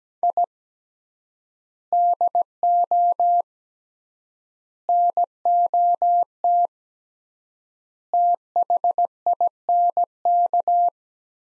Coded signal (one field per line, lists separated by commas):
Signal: Morse code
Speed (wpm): 17 wpm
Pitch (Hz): 700 Hz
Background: none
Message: I DO NOT THINK